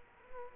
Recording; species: mosquito wingbeat signal from an infrared sensor; Culex quinquefasciatus